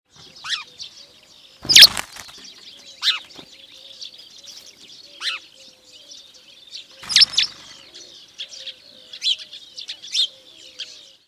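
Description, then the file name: House sparrow giving repeated high chirps, each a few seconds apart and falling in pitch, with two loud broad bursts like wingbeats or knocks, in an otherwise quiet setting. "Passer domesticus"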